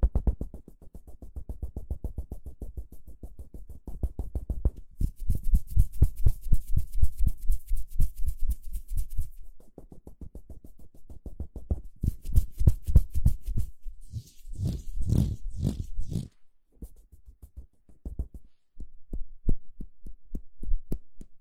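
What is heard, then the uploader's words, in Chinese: Hands rub together in quick, regular strokes, each pass a soft low thump with a papery brush on top. The rubbing comes in runs separated by short pauses, growing denser and scratchier around 5–9 and 12–16 seconds, with a crisp rasping near 15 seconds. 搓手手。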